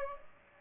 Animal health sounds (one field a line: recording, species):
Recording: mosquito wingbeat signal from an infrared sensor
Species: Aedes aegypti